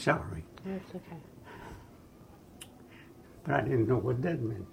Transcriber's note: breathing heavily